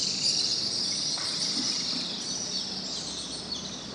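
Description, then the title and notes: Swiftlets chattering in a constant, thin, high buzz of many overlapping chirps, with a low rumble underneath. Colony nesting in concrete corners under a market bridge in Pangkajene; birds fly around the bridge and forage over houses and an open market; heard every morning. "Kolong Walet. suara dari anggota keluarga Burung Walet yang bersarang di sudut-sudut beton bawah Jembatan Pasar Sentral Pangkajene"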